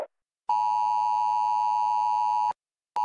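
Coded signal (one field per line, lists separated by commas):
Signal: Emergency Alert System (SAME) tones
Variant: 853 and 960 Hz attention tone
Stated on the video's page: Fictional simulated EAS broadcast about an asteroid impact apocalypse.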